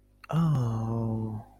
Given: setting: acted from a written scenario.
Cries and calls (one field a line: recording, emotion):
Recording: vocal sound without words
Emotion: guilt